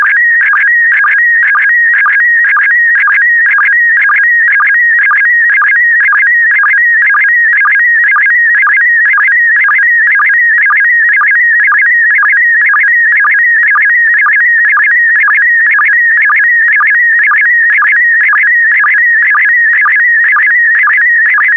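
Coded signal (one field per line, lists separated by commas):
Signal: SSTV (slow-scan television)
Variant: PD120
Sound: steady warbling electronic tone with rapid pitch wobbles and a regular low blip twice a second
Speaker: complete you can now check your decoded image against the picture that is shown on the video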